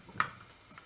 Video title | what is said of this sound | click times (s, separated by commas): Beretta A400 Shot Gun Cleaning (Semi Auto) | yep that's in clicked just like that | 0.2 s